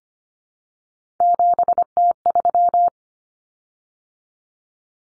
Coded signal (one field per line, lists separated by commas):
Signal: Morse code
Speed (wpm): 25 wpm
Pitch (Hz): 700 Hz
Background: none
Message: 7T3